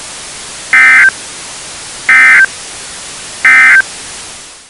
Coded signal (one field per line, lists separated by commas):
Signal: Emergency Alert System (SAME) tones